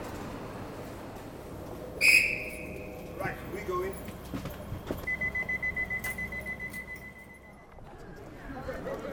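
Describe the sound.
Low rumbling station noise with a sharp whistle blast, then a steady high tone over a run of rhythmic clacking pulses, as a train moves off. Faint voices murmur underneath.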